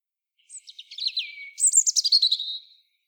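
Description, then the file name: European robin singing a high, thin phrase of varied twittering notes and sweet trills that slide between pitches, with a brief pause midway. "Erithacus rubecula"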